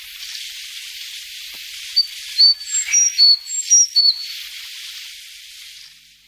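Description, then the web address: Sakhalin leaf warbler song: a quick series of thin, very high pure notes alternating between two pitches for about two seconds, over a soft steady hiss. "sikioto. ezomushikui"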